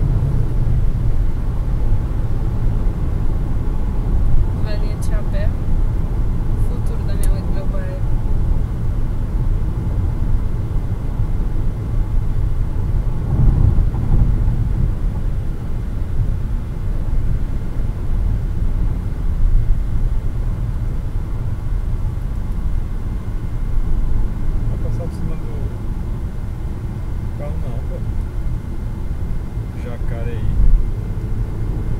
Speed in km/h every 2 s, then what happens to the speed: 132, 127, 124, 122, 120, 121, 123, 127, 127, 122, 119, 110, 101, 97, 96, 99.
0-8 slows to 120. 8-16 speeds up to 127. 16-26 slows to 97. 26-32 steady at about 97.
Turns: none.